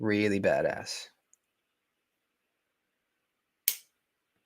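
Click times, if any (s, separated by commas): 3.7 s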